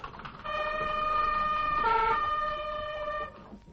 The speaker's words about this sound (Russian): Да-да, достопочтенные леди джентльмены, вы нисколько не ошибаетесь, если принимаете звуки рожка, которые сюда доносятся, за звуки рожка того самого дилижанса, который мчит мисс Бекки к месту ее назначения, к дому баронета сэра Пита Кроу.